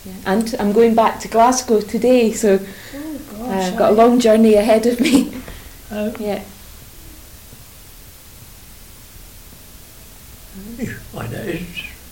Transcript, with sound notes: And I'm going back to Glasgow today so--
Oh gosh.
I've got a long journey ahead of me. [laughs] Yeah.
That is,